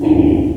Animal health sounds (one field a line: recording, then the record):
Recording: squeal of a Yucatan mini pig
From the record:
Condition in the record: before surgery on the right vocal fold (resection and tissue-engineered implant)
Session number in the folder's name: 1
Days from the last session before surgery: -21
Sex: female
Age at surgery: 19 weeks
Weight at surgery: 25 kg